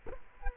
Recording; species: mosquito wingbeat signal from an infrared sensor; Culex quinquefasciatus